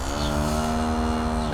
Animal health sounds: contact call of a hoofed animal; cattle; low-frequency (closed-mouth) or high-frequency (open-mouth) call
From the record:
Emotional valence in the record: negative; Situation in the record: physical separation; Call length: 1.53 s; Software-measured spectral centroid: 2850 Hz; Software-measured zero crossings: 1920 a second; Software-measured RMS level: -24 dBFS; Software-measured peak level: -11 dBFS

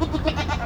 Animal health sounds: contact call of a hoofed animal; goat; low-frequency (closed-mouth) or high-frequency (open-mouth) call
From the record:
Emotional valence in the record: negative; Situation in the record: short social isolation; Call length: 0.66 s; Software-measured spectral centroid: 2000 Hz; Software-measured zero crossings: 1470 a second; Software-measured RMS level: -24 dBFS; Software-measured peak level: -9 dBFS

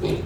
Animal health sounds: contact call of a hoofed animal; pig; closed-mouth grunt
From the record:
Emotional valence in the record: positive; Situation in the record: food and toys in familiar pen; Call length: 0.25 s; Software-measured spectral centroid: 2010 Hz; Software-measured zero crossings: 1020 a second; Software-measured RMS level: -24 dBFS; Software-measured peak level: -13 dBFS

